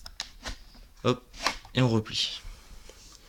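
The folding stock latch on an Umarex H&K MP7 A1 airsoft replica is lifted upward to unlock the plastic stock so it can be folded. A sharp click is heard at 0.2 s as the latch releases, while someone talks.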